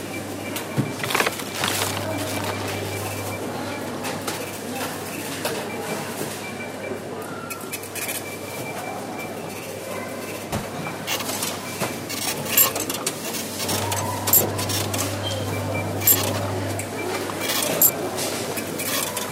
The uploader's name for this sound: Shopscape